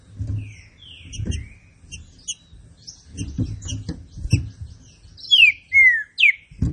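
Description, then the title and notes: Green-winged saltator: light high chirps and low bumps lead up to a clear whistled phrase of a few falling notes near the end. Classic song style, used for training. "Canto Clássico Trinca Ferro TREINAMENTO. trinca fero"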